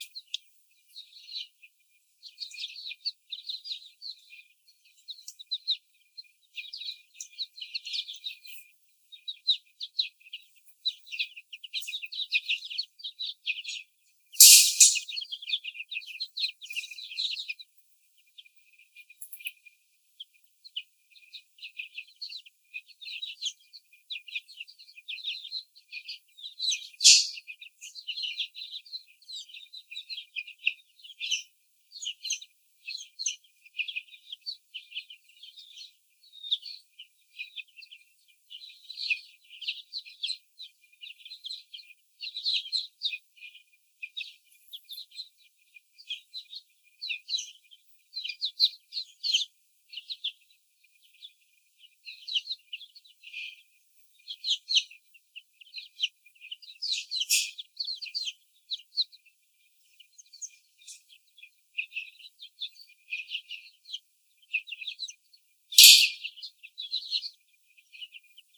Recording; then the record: young laying hens in a cage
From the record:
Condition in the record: before the stressor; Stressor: sudden umbrella opening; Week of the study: 3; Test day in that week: 2